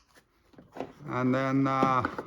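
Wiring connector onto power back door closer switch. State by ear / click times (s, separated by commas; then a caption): seated / 0.8 s. An electrical wiring connector is pushed back onto the power back door closer switch of a 2021-2026 Toyota Sienna. One sharp click is heard at 0.8 s as the connector seats, and then someone talks.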